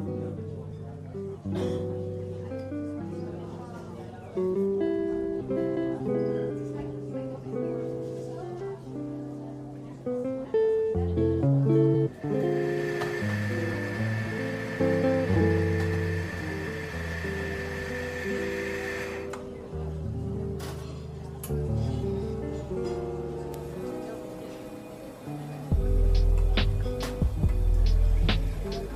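Coffee shop ambience with a steady low murmur of voices, a high whine from about twelve to nineteen seconds, and sharp clinks.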